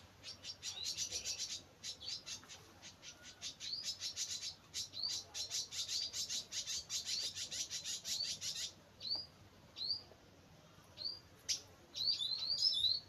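Bird chirping: a long run of fast, even high chips, then separate rising whistled notes.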